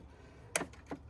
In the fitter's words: Just get them popped up all the way. You'll hear them click when they're unseated.